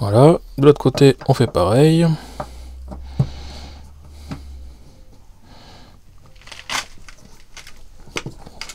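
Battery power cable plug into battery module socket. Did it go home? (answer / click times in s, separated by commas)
no / none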